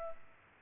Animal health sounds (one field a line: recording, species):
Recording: mosquito wingbeat signal from an infrared sensor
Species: Culex pipiens